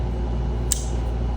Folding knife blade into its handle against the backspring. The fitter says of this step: very good snap on every